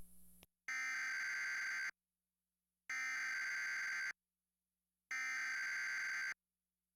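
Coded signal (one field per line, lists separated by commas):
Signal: Emergency Alert System (SAME) tones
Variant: header bursts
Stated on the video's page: Tornado Watch EAS alert that interrupted a National Football League broadcast.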